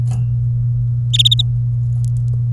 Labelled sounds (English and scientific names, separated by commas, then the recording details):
Domestic Canary (Serinus canaria) song
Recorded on 24 April 2018 at 10:06
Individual llb3